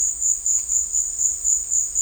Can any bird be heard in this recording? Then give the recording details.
no. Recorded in dense forest near Puerto Asís, Putumayo, Colombia, on 21 December 2024 at 16:00. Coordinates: 0.485, -76.318. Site GP03